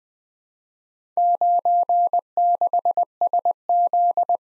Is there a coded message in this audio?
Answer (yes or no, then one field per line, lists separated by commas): yes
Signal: Morse code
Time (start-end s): 1.2-4.4 s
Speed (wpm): 20 wpm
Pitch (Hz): 700 Hz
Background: none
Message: 96SZ